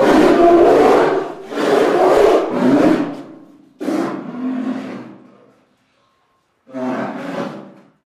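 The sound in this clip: Bear growling and roaring, a series of deep, breathy rasping roars separated by short pauses, with a final shorter growl after a silent gap.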